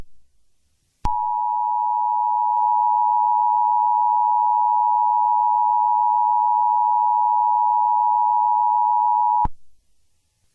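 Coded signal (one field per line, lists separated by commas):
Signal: Emergency Alert System (SAME) tones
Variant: 853 and 960 Hz attention tone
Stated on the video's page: Fictional EAS scenario, simulated alert.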